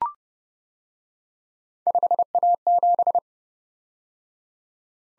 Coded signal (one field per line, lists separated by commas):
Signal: Morse code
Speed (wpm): 29 wpm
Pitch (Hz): 700 Hz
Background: none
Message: 5A7